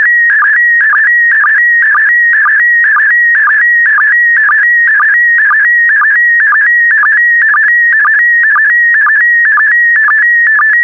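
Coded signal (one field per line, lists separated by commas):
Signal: SSTV (slow-scan television)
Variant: PD120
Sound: steady high warbling tone with short low chirps repeating about twice a second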